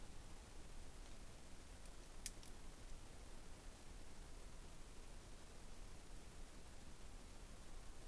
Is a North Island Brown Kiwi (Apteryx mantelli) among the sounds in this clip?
no